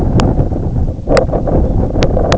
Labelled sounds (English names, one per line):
Red Phalarope